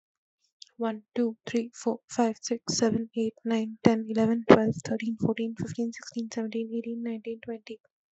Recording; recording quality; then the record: counting at a fast pace; excellent, no background noise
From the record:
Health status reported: healthy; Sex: female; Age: 23 years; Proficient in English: yes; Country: India